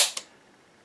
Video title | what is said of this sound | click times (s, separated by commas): Understanding the Model A Distributor | it goes it makes it get a little bit longer and it snaps right in | 0.2 s